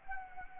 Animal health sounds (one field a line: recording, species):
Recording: mosquito wingbeat signal from an infrared sensor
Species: Anopheles arabiensis